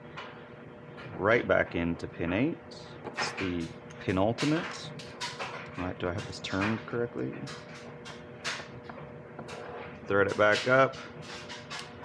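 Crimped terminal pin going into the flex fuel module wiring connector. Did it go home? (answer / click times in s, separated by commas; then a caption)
no / none. Someone talks while checking the orientation of a crimped terminal pin and lining it up before threading it back into pin eight of the plastic flex fuel module wiring connector on an E89 Z4 with an N54 engine. Two small handling taps sound at 8.9 s and 9.4 s, and nothing has seated or clicked yet.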